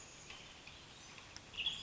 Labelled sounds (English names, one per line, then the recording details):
Western Tanager
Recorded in Sonoma County, California